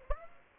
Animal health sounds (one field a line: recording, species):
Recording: mosquito wingbeat signal from an infrared sensor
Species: Aedes aegypti